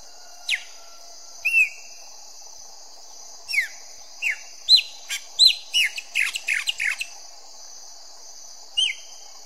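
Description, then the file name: Chopi blackbird song: scattered clear whistled notes sliding down, then a quick run of sharp chirps and downslurs, with a steady high hiss throughout. "canto do grauna"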